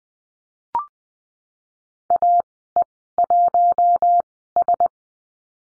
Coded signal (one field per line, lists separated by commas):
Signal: Morse code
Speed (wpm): 19 wpm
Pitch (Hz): 700 Hz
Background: none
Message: AE1S